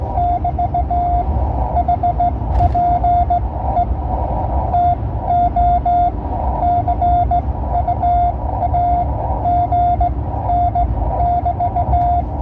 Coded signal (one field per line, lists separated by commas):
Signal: Morse code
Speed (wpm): 18 wpm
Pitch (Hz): 700 Hz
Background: none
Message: <BT> HPE TO CU AGN <BT>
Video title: Thoughts on Rag Chews and a QSO with AD5QU